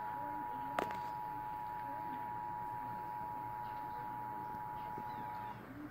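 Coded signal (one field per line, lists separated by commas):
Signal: Emergency Alert System (SAME) tones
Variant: 853 and 960 Hz attention tone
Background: speech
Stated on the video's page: Flash flood warning for Clarksville, Tennessee, relayed by a public television station.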